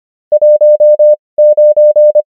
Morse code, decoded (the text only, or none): 19